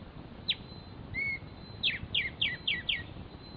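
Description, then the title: Black-striped sparrow with one downslurred note, a brief whistle, then five spaced, sharp descending notes. Nominate subspecies conirostris. "LuckyPassaro Completos2Sama. Black-striped Sparrow"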